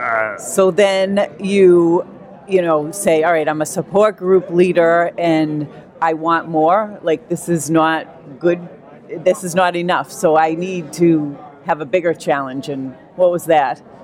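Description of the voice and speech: One adult speaks in a mid-pitched, clear voice at a steady, conversational pace, with brief natural pauses between phrases. Articulation is crisp and voicing is smooth. This is ordinary fluent speech, in a quiet room with no background noise.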